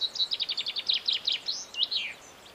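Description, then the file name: Common chaffinch singing a brisk rattling phrase of repeated high notes that ends in a swooping, downward terminal flourish. "Fringilla coelebs"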